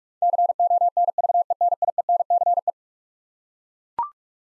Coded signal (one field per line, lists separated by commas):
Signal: Morse code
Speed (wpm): 41 wpm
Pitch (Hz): 700 Hz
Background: none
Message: CONVENIENCE